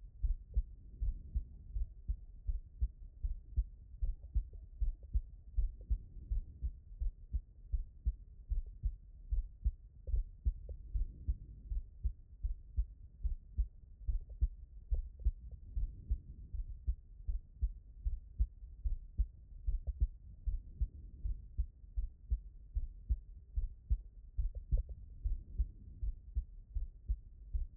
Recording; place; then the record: heart sounds by stethoscope; pulmonary valve (PV)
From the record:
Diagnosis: non-HFrEF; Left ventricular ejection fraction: 69%